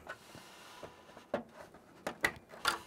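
Two halves of an EPS CPU power connector are joined and pushed into the header at the top of a motherboard, clip facing downward. Soft taps and plastic rubbing build to sharper clicks near 1.3 and 2.1 seconds. The connector latches home with a crisp click at 2.3 seconds, and someone talks.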